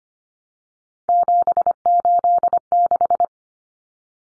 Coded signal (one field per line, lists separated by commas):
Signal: Morse code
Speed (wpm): 25 wpm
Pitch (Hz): 700 Hz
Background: none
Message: 786